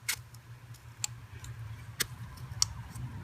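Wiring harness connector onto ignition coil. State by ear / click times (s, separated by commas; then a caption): seated / 1.0 s, 2.0 s, 2.6 s. Engine wiring harness connectors are slid onto the ignition coils on a freshly painted valve cover of a Jetta. Sharp little plastic clicks are heard at 1.0 s, 2.0 s and 2.6 s as each connector latches, with fainter ticks in between over a low hum. Each connector seats with a click.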